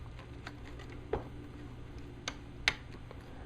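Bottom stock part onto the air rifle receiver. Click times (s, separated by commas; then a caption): 2.7 s. The bottom stock part with the hex hole is rotated on the receiver of a Crosman 766 / 2100 pellet/BB air rifle until it snaps into place. A few light ticks and taps are heard, then a sharp, bright snap at 2.7 s as the stock part seats.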